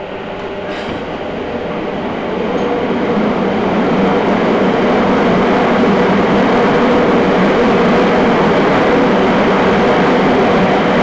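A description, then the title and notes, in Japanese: A Nagoya Municipal Subway Sakura-dori Line train rumbles along, a dense steady roar with a low mid-range hum. The noise swells over the first four seconds as the train picks up speed, then holds loud and even to the end. 名古屋市営地下鉄桜通線 太閤通→徳重。桜通線の太閤通から徳重までの全区間を乗った時のものです。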